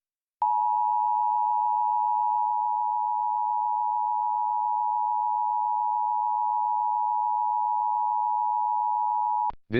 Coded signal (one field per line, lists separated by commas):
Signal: Emergency Alert System (SAME) tones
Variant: 853 and 960 Hz attention tone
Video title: Monthly Emergency Alert System (EAS) Tests - Seattle/Tacoma - March 2022